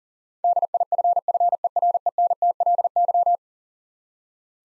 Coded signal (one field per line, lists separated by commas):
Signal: Morse code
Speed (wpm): 40 wpm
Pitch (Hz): 700 Hz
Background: none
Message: DIFFERENTLY